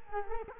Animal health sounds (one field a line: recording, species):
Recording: mosquito wingbeat signal from an infrared sensor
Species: Culex quinquefasciatus